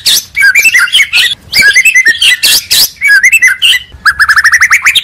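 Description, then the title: Oriental magpie-robin song: loud, varied whistled phrases and scratchy chatter, ending in a quick run of evenly spaced rising notes. "Kacer"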